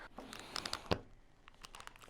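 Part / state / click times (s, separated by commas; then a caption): action figure leg into torso hip joint / seated / 0.9 s. A right plastic leg of an action figure is pushed onto the torso's thigh joint, the same way as the other leg, with light crinkling and small ticks from 0.3 to 0.7 s. A sharp snap at 0.9 s marks the leg seating onto the hip joint.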